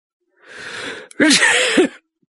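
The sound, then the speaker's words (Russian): A heavyset, sweating police station chief sneezes once: a drawn-in, breathy inhale, a brief catch, then a loud, explosive burst with a voiced, throaty edge that trails off quickly. No talking. “«Моя фамилия …», — чихнув, объявил мне начальник.”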